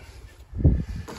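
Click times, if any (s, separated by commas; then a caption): none. A mirror part is fitted into the door mirror housing of an Adria Ducato motorhome during a mirror replacement. Quiet handling noise is heard, with a muffled low thud around 0.6 to 0.8 seconds. Nothing has seated or clicked yet; the clip ends just before the part goes home.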